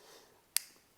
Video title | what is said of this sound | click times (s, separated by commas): Disassembly and maintenance of the Fox Knives Tur | once you get it everything's line that's snapped back in because it has this little shouldered areas right there everything | 0.6 s